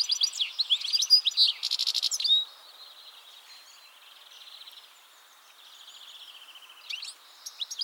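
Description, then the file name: European goldfinch song, rapid liquid twittering and tinkling notes with buzzy trills, a strong burst in the first two and a half seconds, then softer buzzy phrases and renewed twitters. "Carduelis carduelis"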